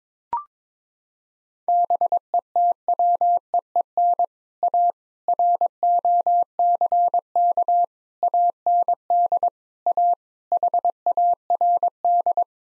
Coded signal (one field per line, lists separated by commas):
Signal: Morse code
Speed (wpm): 21 wpm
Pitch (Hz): 700 Hz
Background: none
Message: BETWEEN A ROCK AND A HARD